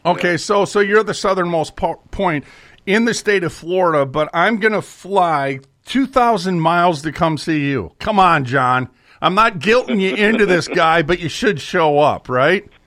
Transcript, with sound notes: so you're the southernmost po- point in the state of Florida, but I'm gonna fly 2,000 miles to come see you. Come on, John.
(laughs)
I'm not guilting you into this, guy, but you should show up, right?